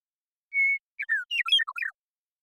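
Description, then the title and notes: Western meadowlark song: a long pure whistled note, a brief pause, then a hurried string of liquid, warbling notes falling and climbing in pitch. Song at natural pace; recorded in the Pacific Northwest, Washington, United States. "Western Meadowlark, Sturnella neglecta, song, contact calls, and flush, family: Troupials and Allies Recorded in the beautiful Pacific Northwest in Washington, United States"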